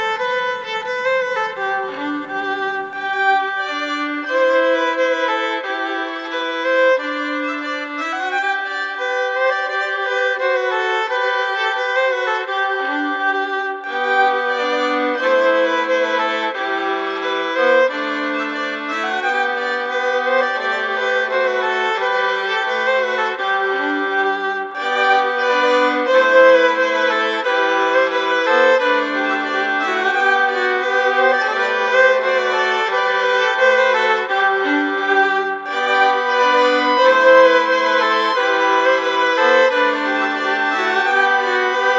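A violin plays a continuous melody for the whole stretch, moving through sustained notes and short runs with steady loudness and little silence. Bird song is not clearly apparent beneath it; the bowed line dominates, with brief breaths near 13, 25 and 35 seconds.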